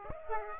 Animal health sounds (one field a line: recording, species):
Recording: mosquito wingbeat signal from an infrared sensor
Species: Aedes aegypti